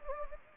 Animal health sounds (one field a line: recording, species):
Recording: mosquito wingbeat signal from an infrared sensor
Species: Anopheles gambiae